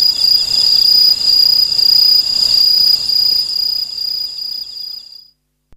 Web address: sikioto insect aomatsumushi